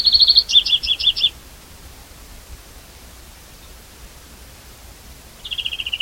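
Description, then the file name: European greenfinch trill running into a few stepped notes, then a long quiet gap before a lower falling trill. "Chloris chloris"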